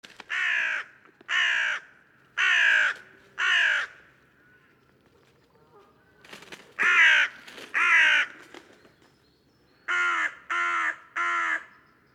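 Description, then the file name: Carrion crow cawing: a run of four harsh, hoarse caws, a pause, two more, then three quicker caws near the end. "Corvus corone"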